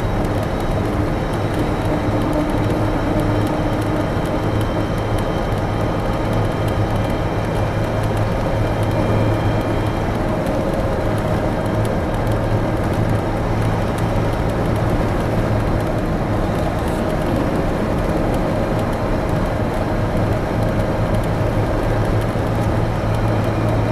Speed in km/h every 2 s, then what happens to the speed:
94, 95, 95, 95, 97, 97, 97, 97, 97, 97, 96, 97.
0-24 steady at about 97.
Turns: none.